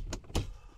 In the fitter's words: oh, the mosquito net, the blinds, everything snaps into place, I